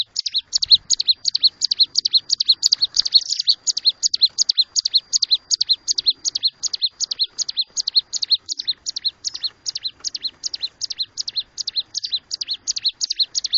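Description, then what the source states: Bird song: a steady run of high, sharp chirps repeated several times a second, with a few soft clicks underneath. Training songs for cage birds.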